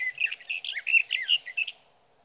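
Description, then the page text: Sage thrasher singing a quick run of warbled, chirpy phrases, with a faint steady low hum underneath. Singing male at his night roost through three nights, evening June 12 to morning June 15, 2018, Sierra Valley, California; night songs recorded with a Swift recorder. "61. Sage thrasher songs, through the night. from the evening of June 12 to the morning of June 15, 2018, in Sierra Valley, California"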